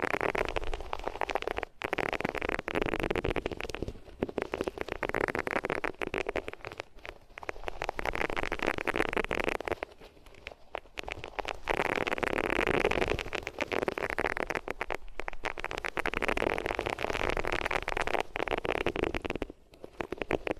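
Rubbing on different materials makes a dense, scratchy, continuous rasping with brief gaps near 2, 10 and 20 seconds, and crackly texture throughout.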